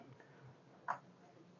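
A plastic quick-release fuel line connector is pushed under steady pressure onto the metal fuel pipe of the tank while refitting the fuel tank on a Suzuki GSXR 1000 K4. A sharp click is heard at 0.9 s, and the connector is then turned round and confirmed locked in and seated.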